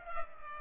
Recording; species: mosquito wingbeat signal from an infrared sensor; Culex pipiens